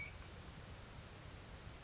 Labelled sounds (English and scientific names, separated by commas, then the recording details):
California Towhee (Melozone crissalis)
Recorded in Sonoma County, California